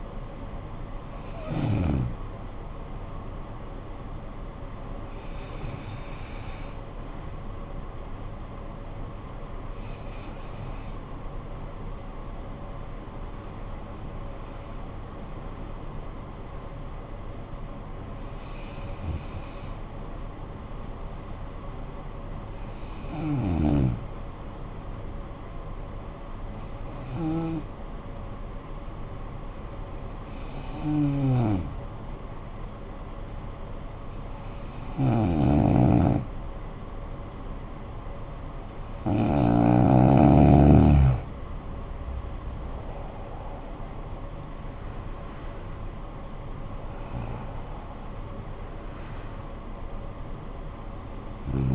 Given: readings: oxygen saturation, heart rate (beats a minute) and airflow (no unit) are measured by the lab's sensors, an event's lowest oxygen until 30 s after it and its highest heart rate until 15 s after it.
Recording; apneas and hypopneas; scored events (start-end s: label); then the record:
breathing in sleep by a smartphone at the bedside; 1
5.00-38.60 s: hypopnea (N1, oxygen 96% highest, then 87% lowest, heart rate 55 at the start, 66 highest)
From the record:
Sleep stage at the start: N1 (lightest sleep); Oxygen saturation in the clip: 87 to 96%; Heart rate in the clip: 52 to 66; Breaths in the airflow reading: 12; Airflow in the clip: -15.6 to 11.3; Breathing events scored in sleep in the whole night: 445 in 7.6 hours asleep